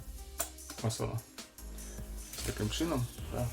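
A cable connector from a solar-powered LED light string is pushed into its mating plug on the solar panel or light string socket, and it clicks into place at 0.4 s. The connector is seated. Someone talks before and after the click while music plays in the background.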